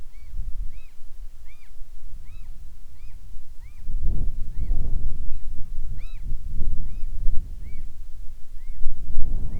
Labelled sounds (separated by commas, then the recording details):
seabird, wind
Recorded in the Arctic National Wildlife Refuge, Alaska, on 7 July 2019 at 19:00
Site 41